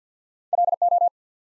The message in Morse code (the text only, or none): LO